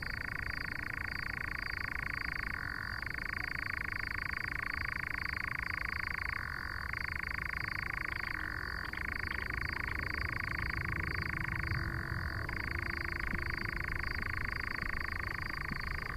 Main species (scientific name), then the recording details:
Caprimulgus europaeus. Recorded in the wild. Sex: male. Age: adult. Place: Schönow, Naturpark Barnim, Brandenburg, DE. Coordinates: 52.6947, 13.5039. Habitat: heather. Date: 2013-06-08 23:13. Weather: clear, windless, 20°C. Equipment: Sound Devices 702, Sennheiser MKH 70, Rycote Windschutz. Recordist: Frommolt, Karl-Heinz